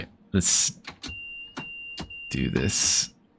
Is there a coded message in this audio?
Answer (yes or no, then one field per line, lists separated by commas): no